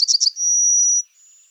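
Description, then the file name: Yellowhammer song ending: a few quick high notes slide into a long sustained whistle, followed by a fainter, slightly higher trailing note. "trznadel"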